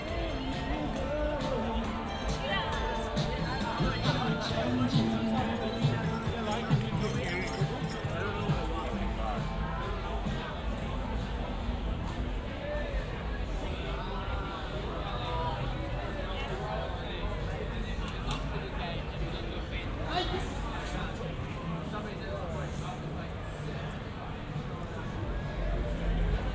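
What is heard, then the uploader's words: Bar and restaurant ambience: a dense, steady murmur of many overlapping voices, with conversation standing out from the crowd. Low rumble runs underneath throughout, and occasional thuds and clinks of dishes or glasses break through at irregular moments. Bar and Restaurant Ambience at Howard Smiths Wharves in Brisbane, Australia. Howard Smiths Wharves next to the city's iconic Story Bridge is a bustling area of bars and restaurants. Join me for a stroll past and through some of the waterside venues on a warm summer's evening.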